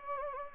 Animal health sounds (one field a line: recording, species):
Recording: mosquito wingbeat signal from an infrared sensor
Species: Anopheles gambiae